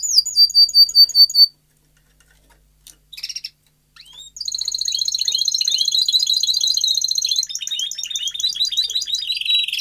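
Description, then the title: Domestic canary song: a short run of repeated high notes, a pause with faint chirps, then a long rapid rolling trill with varied phrases. Male canary singing a lot, in a 30-minute canary training recording meant to warm up young birds and Belgian canaries. "Canary Training Esquente Seu Filhote E Canario Belga Em 30 Minutos Macho Cantando Muito"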